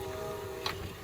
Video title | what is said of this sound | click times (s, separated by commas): CRAFTSMAN 24-in Collapsible Lawn Mower Jack Item # 1136127 & Model # CMKGAAV45099000 by MoJack | you'll hear it click catch | 0.7 s